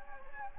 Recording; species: mosquito wingbeat signal from an infrared sensor; Anopheles gambiae